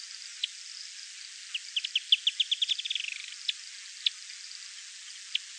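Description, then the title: Firewood-gatherer calls: a fast series of sharp clicking notes speeding up and dropping in pitch near the end, with scattered single high ticks before and after. "LuckyPassaro Completos2Sama. Firewood-gatherer (Anumbius annumbi)"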